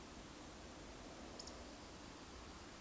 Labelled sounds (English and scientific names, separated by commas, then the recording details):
Eurasian Woodcock (Scolopax rusticola) whistle
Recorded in Baden-Württemberg, Germany, on 9 May 2021 at 19:17 UTC
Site 23718, 552 m above sea level